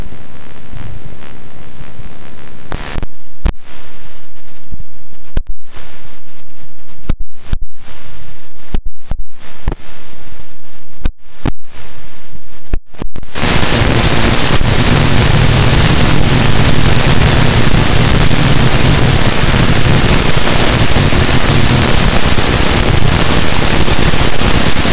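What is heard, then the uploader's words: Amplified electrical noise from inside a computer's sound system. For the first thirteen seconds a fainter buzzing hum is broken by frequent brief dropouts and clicks; then a dense, bright hiss rises abruptly and holds steady, with a low hum underneath, to the end. All sounds from highly amplified internal sound system noise in a pentium iii computer.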